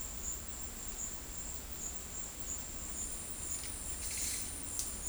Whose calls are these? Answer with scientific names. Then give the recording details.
none. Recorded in dense forest near Puerto Asís, Putumayo, Colombia, on 21 February 2024 at 14:00. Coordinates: 0.484, -76.317. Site G6464